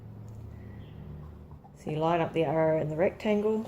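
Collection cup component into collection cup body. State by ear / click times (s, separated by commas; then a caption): not seated / none. A plastic component of a Freemie closed-system collection cup is lined up with the collection cup body, with the arrow on one part matched to the rectangular cutout on the other before they are pushed together. Faint handling and alignment noises, including two soft ticks around 1.5 and 1.7 seconds, come before someone talks from about 1.8 seconds on. Nothing has seated or clicked yet.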